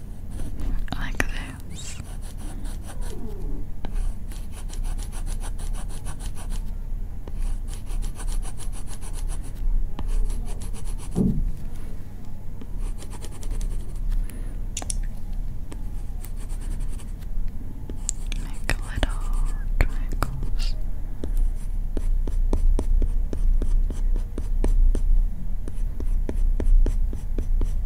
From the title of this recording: brushing, iPad makeup, eyelash combing